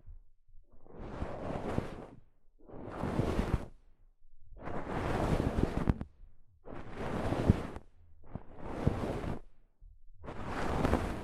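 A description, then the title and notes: Soft fabric brushes over a microphone in six rhythmic rustling swipes, each about a second long, separated by brief pauses of near silence. ASMR Mic Brushing using Soft Fabric (No Talking).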